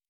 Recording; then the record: hydrophone in a shrimp aquaculture tank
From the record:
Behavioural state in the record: normal